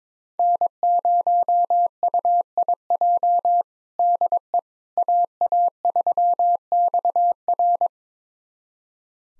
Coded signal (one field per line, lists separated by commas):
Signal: Morse code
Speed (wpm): 22 wpm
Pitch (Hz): 700 Hz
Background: none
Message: N0UIJ DE AA3XR